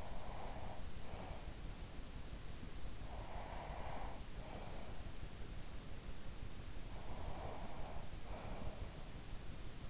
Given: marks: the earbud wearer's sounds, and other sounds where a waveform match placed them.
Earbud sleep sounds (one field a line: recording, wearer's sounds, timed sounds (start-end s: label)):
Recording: sounds in sleep by an in-ear microphone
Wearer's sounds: breath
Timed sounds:
0.00-1.71 s: breath
3.28-5.04 s: breath
7.23-9.23 s: breath